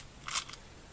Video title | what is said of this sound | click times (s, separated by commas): [1/2] Lego 42135 Monster Jam El Toro Loco | just soothing and coming it's just like putting another one in nice little click | 0.3 s